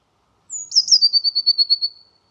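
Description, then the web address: Eurasian blue tit giving a high, thin descending introduction that runs into a rapid, steady trill of clear notes lasting just over a second. Nothing else is audible. "cianscape birddata Deverinetal 2025 File origin Bird Only Cy Ca"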